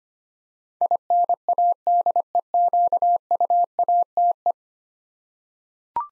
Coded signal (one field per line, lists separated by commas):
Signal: Morse code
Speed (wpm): 25 wpm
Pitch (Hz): 700 Hz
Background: none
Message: INADEQUATE